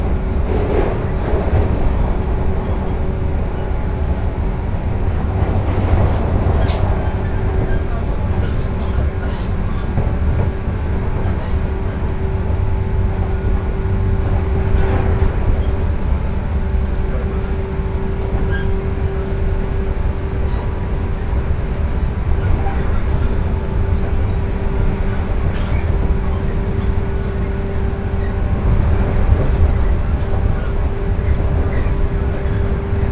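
A train ride recorded from inside the carriage: a steady, heavy low rumble runs throughout, with a constant mid-pitched motor hum over it. Faint clicks and rattles from the wheels and car body surface now and then, more noticeably around 6, 15 and 29 seconds.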